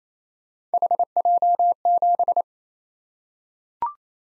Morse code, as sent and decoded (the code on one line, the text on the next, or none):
.... .--- --...
HJ7